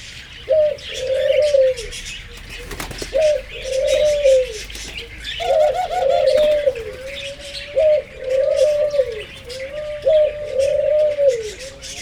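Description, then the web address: Barbary dove giving several low rolling coo phrases, repeated every two to three seconds, with faint chirping from other birds behind. Zoo bird, recorded in 2016. "allathangok jaszberenyizoo 2016 professzionalis madarak alapbolkacagogerle"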